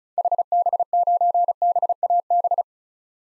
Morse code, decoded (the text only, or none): HB9BAB